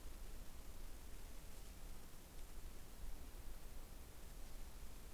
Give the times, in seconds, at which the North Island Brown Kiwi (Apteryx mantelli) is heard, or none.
none